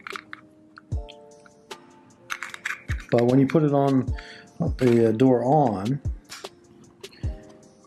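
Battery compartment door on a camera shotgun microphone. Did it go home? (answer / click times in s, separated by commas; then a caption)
no / none. The plastic battery compartment door of a Rode VideoMic Pro shotgun microphone is fitted back onto the microphone body and pressed shut while someone talks. Only faint contact taps are heard. Nothing clicks or latches, because the door's two small retaining tabs have broken off.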